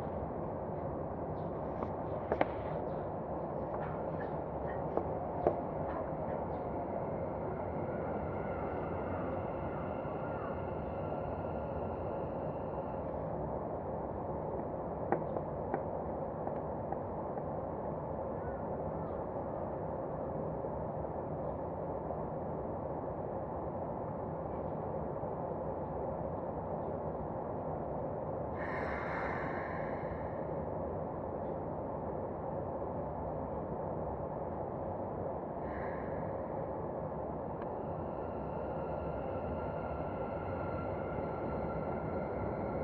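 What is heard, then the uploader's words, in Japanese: A Keikyu 2100 series train running between Yokohama and Misakiguchi, heard as a steady, dense low rumble of the ride throughout. Faint whining tones drift above it, a few sharp clicks land near 2, 5 and 15 seconds, and a brief hiss rises around 29 seconds. 京急2100形 横浜〜三崎口。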